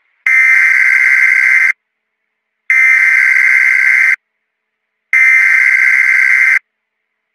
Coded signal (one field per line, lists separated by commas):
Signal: Emergency Alert System (SAME) tones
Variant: header bursts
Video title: An EAS SCENARIO: ####### Mouse